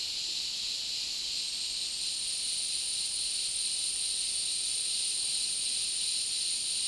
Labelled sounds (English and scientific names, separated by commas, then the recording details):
none
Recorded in dense forest near Puerto Asís, Putumayo, Colombia, on 19 February 2024 at 14:30
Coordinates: 0.499, -76.324
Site G6469